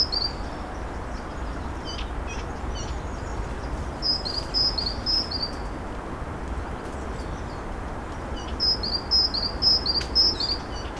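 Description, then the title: Bird song: faint scattered chirps, then two bursts of short high descending whistled notes, over constant low rumble. Birds singing at Narbonne, France; recorded with a Zoom H6 and Sennheiser MKE 600 microphone. "Narbonne, France - Birds Sing 03. Birds Narbonne 03"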